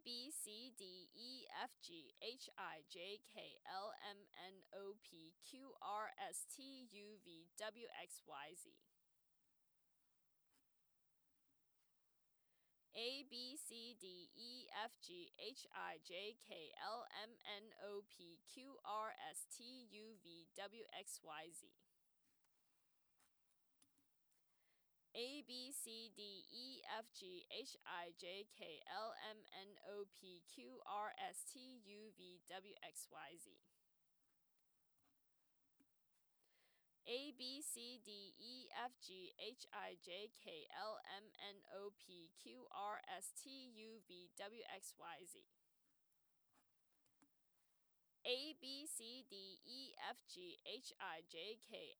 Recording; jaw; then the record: letters of the alphabet, spoken; free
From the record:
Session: first day, before the bite bar